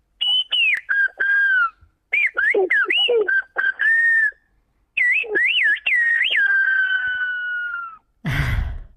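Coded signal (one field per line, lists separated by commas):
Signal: whistled language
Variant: Silbo Gomero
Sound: a loud whistled phrase of gliding rising and falling pitches, with short pauses, then a brief noise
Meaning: Dad, when you come over here, bring the hoe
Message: papá que cuando vengas para acá traigas la azada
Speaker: papá que cuando vengas para acá traigas la azada vamos a escucharla de nuevo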